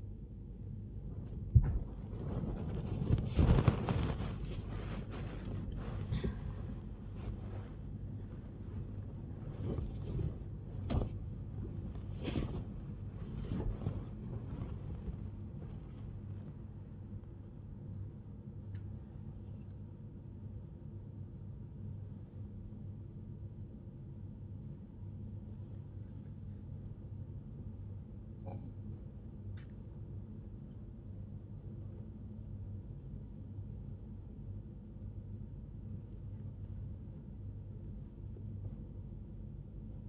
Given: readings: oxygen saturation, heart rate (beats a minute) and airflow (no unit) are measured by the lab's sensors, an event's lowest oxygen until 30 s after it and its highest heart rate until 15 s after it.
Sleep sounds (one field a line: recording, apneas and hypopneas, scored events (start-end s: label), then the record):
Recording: a person awake in a sleep study, by a smartphone at the bedside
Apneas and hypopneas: none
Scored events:
0.00-40.09 s: awake
From the record:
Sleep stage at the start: awake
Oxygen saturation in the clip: 91 to 95%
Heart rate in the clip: 81 to 92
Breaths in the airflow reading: 14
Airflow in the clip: -3.3 to 3.2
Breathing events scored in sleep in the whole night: 101 in 7.3 hours asleep